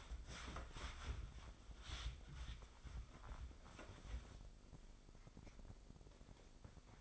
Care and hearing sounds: daily activity, microphone in the room; wipe stove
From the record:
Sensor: 5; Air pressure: 996.2 hPa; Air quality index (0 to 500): 96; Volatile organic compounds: 5 ppm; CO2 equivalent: 1833 ppm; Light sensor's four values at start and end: 34/78/33/36 and 35/84/34/36

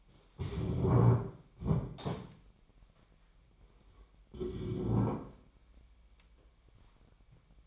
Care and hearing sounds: daily activity, microphone in the room; stand up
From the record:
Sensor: 1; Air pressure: 998.6 hPa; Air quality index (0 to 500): 119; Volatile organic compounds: 3 ppm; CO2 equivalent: 1426 ppm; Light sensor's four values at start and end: 8/19/8/9 and 8/19/8/9

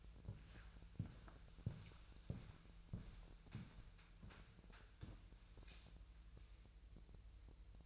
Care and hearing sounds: daily activity, microphone in the room; walk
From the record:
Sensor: 2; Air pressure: 1001.9 hPa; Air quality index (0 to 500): 231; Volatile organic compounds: 59 ppm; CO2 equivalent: 3410 ppm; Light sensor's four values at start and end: 7/16/7/7 and 6/16/6/7

